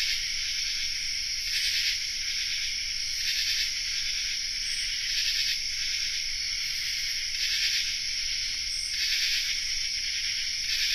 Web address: Nature Songs N America Songs of Insects Common True Katydid chorus